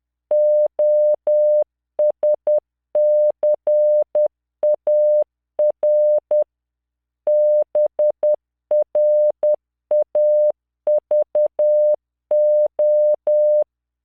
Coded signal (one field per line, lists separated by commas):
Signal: Morse code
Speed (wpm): 10 wpm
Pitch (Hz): 600 Hz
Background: none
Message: OSCAR BRAVO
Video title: tamanのモールス練習動画37（モールス信号 速度10WPM morse code)